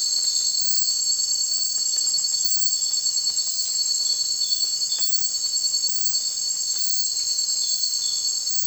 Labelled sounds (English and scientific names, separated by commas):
none